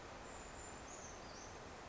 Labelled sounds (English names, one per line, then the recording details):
Brown Creeper
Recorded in Sonoma County, California